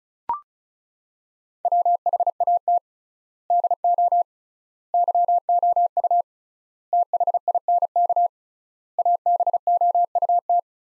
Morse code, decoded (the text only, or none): WHAT DO YOU THINK ABOUT